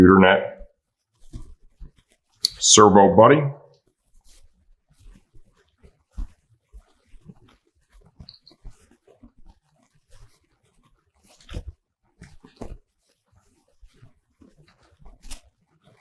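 An exhaust servo eliminator module's connector for a 2018 BMW S1000RR is handled near the motorcycle harness while someone talks, with scattered faint clicks and handling noises. Nothing has seated or clicked home yet.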